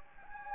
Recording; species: mosquito wingbeat signal from an infrared sensor; Anopheles gambiae